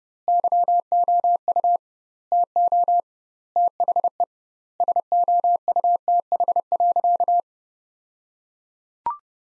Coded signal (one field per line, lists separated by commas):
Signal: Morse code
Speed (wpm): 30 wpm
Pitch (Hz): 700 Hz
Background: none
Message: YOU TO THE SOUTH.